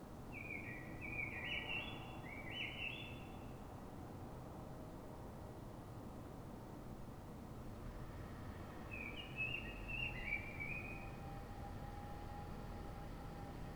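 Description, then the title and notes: Common blackbird song with a long warbling phrase at the start and another after a gap of several seconds, backed by continuous low rumbling noise. City blackbird singing before dawn in Fuenlabrada, Madrid, Spain, so other blackbirds can hear it before human noise begins; described as a call (reclamo); recorded with a Zoom H1n recorder. "Pl. de Francisco Escolar, 10, 28944 Fuenlabrada, Madrid, España - Sonido Reclamo de Mirlo. Mirlo cantando, es un sonido de reclamo"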